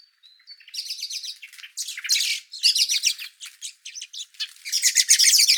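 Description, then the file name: Common blackbird giving harsh, chattering calls in quick, uneven bursts, beginning with a few thin high notes and growing louder toward the end. "Turdus merula"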